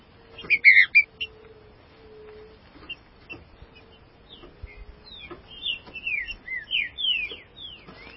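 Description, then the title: Green-winged saltator song: a loud opening burst, then quieter scattered notes and a string of slurred whistles, over a faint steady hum. "Trinca Ferro"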